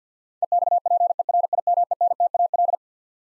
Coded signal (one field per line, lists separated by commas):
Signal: Morse code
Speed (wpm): 50 wpm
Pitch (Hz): 700 Hz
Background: none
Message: EXPERIMENTAL